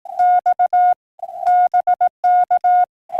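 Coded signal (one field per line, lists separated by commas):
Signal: Morse code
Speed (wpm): 17 wpm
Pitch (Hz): 710 Hz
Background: none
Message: X BK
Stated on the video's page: Morse heard while hunting Parks on the Air stations.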